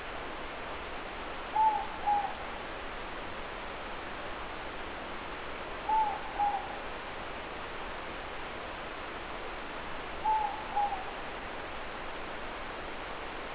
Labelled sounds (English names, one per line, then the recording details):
Morepork more-pork call
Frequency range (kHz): Morepork 0.7-1.0 kHz
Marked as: faintness 3/5
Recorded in New Zealand
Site Eglinton